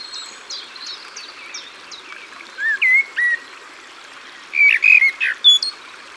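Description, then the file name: Common blackbird song, two bursts of melodious warbled notes, preceded by thin descending chirps from another bird, with running water in the background. Singing beside the water. "Merle noir Au bord de leau"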